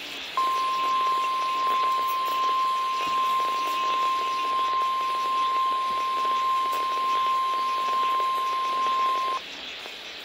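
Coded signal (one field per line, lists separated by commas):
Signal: Emergency Alert System (SAME) tones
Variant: 1050 Hz attention tone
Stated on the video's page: NOAA Weather Radio required weekly test from the Clearwater transmitter on 162.500 MHz, issued by NWS Twin Cities/Chanhassen.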